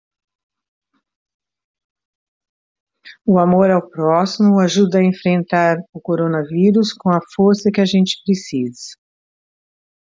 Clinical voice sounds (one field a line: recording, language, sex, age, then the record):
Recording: spoken sentence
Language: Brazilian Portuguese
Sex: female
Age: 60 to 69 years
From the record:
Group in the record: control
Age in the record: 67 years